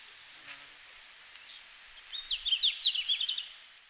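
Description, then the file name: Red-flanked bluetail song: one short, rapid warbled phrase of bright notes jumping up and down, lasting about a second and a half after a quiet start. Recorded in Finland on 17 June 2019 at 17:00. "Robin à flancs roux-20190617-1700-Finlande"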